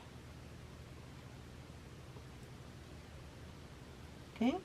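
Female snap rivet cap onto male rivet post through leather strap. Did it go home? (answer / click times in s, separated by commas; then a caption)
no / none. The female half of a metal snap rivet is lined up and pressed onto the male post through a leather strap. A low, steady background hum runs throughout, and someone talks briefly near the end. Nothing has seated or clicked yet.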